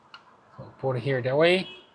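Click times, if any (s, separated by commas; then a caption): none. A Eufy S340 solar-powered security camera is handled near its wall mount, which is already fixed in place with screws, ready to be slid on. A brief click is heard at about 0.1 s, followed by someone talking. Nothing has seated or clicked into the mount yet.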